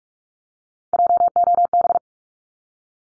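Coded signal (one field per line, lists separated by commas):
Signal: Morse code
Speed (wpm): 44 wpm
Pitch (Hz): 700 Hz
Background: none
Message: JOB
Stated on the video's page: Morse practice drill of words ranked 501 to 750 at 45 wpm, each word sent twice.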